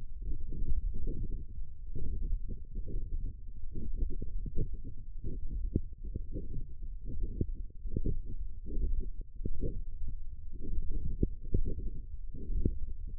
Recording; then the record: forearm muscle sounds (acoustic myography)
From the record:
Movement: radial deviation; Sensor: system 1, eight BSWA MPA416 microphones around the upper forearm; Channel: 7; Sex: male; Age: 20 years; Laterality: left